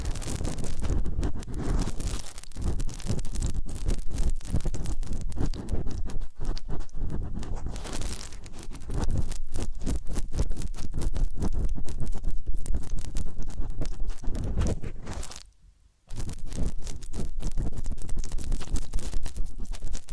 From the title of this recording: Massage, Ear Cleaning and Spa